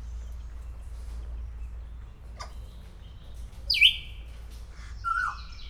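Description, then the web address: Grey parrot producing a loud descending whistle followed by a shorter falling whistle after a quiet start, with a low background hum. Szeged Zoo, 2011; calling continuously every day. "allathangok szegedizoo 2011 standardt jakopapagaj folyamatosanaprankent"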